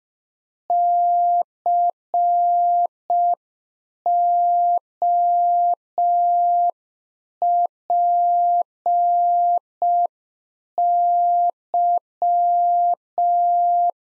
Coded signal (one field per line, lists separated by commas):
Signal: Morse code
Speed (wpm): 5 wpm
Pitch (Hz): 700 Hz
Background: none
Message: COPY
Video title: Practice QSO - Exchange 3- More Info - 5wpm